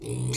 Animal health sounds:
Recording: pig call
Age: weaner (32 to 43 days)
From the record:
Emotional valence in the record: negative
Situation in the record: novel object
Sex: female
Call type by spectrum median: low-frequency call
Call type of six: mixed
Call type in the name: high-frequency modulated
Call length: 0.37 s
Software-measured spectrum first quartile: 174 Hz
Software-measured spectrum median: 858 Hz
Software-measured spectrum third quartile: 6015 Hz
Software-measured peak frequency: 127 Hz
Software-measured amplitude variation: 73 dB a second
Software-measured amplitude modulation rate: 25.6 a second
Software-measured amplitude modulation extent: 2.9 dB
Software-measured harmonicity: 12.1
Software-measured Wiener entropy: -4.95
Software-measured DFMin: 1043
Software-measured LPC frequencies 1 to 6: 2341, 3488, 4285, 5634, 6756, 7484 Hz

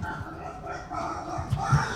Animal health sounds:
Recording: pig call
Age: growing-finishing pig (85 days or more)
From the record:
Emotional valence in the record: positive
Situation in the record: run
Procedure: transit

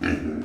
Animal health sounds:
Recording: pig call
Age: growing-finishing pig (85 days or more)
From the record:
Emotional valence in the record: negative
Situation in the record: barren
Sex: male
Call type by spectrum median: low-frequency call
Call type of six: low-frequency modulated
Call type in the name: low-frequency stable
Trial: 1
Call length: 0.46 s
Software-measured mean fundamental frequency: 44 Hz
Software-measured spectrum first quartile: 255 Hz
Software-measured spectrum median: 474 Hz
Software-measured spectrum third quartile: 1731 Hz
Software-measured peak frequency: 261 Hz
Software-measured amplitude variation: 195 dB a second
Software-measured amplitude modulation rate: 29.7 a second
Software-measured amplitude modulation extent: 6.6 dB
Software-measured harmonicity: 3.6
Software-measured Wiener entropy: -2.35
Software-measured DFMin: 1174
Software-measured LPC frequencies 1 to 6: 317, 1659, 2466, 3950, 4414, 5424 Hz

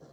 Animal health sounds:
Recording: pig call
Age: piglet (1 to 25 days)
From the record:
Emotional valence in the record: negative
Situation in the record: long isolation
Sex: female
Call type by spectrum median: low-frequency call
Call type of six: low-frequency stable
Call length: 0.12 s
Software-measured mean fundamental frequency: 77 Hz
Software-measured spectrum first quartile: 218 Hz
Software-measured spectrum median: 435 Hz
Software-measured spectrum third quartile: 771 Hz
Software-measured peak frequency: 156 Hz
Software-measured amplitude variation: 86 dB a second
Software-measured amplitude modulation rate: 24.5 a second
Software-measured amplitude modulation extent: 3.5 dB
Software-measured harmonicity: 0.9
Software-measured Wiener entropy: 0.15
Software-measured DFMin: 1808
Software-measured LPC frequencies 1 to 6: 502, 1504, 3273, 4169, 5864, 6984 Hz

